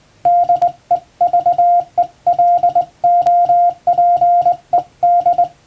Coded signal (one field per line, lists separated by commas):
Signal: Morse code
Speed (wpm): 20 wpm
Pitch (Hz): 700 Hz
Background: radio noise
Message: DEVELOPED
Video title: 縦振り電鍵で打った綺麗な欧文モールス符号！電鍵で打てるとモールスも楽しいですよ！平文の欧文モールス符号練習です！YouTubeの再生速度を調整して聴いてみよう(morse code practice)